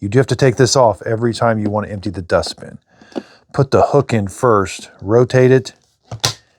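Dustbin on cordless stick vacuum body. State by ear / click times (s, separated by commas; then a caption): seated / 6.2 s. Someone talks while the dustbin of a Bissell FurFinder 4052 cordless stick vacuum is re-hooked onto the vacuum body and rotated until it locks. A faint tick at 6.1 s leads into a sharp click at 6.3 s as the dustbin seats into place.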